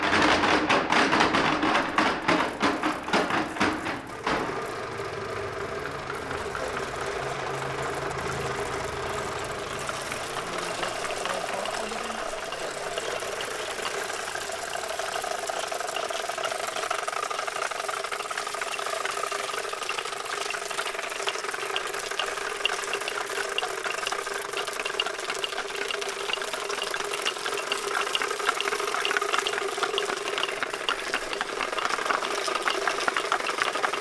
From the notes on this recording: A compilation of different field-recording made all along the Basque Country.